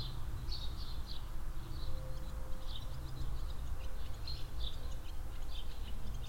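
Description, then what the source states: Swallows giving a continuous chatter of quick high chirps, over soft wind and a low background drone. Swallows flying under a shed roof in a barn yard at the village centre, Hoscheid; mellow wind; early afternoon in spring.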